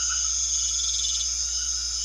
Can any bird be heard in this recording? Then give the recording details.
no. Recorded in secondary vegetation near Puerto Asís, Putumayo, Colombia, on 4 March 2025 at 22:30. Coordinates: 0.500, -76.326. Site GP04